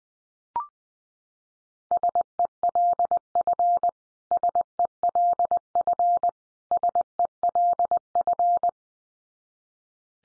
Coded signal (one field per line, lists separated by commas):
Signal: Morse code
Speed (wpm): 20 wpm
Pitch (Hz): 700 Hz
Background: none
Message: SELF SELF SELF